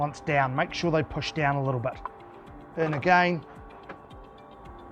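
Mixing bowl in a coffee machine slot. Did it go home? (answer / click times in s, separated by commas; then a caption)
yes / 3.9 s. Someone talks while the second plastic mixing bowl of a Necta Krea Touch coffee machine is put back into its slot and pushed down. It clicks into place at 3.9 s, seated.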